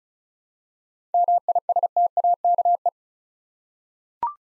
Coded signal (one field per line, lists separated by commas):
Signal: Morse code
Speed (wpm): 36 wpm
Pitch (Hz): 700 Hz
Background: none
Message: MISTAKE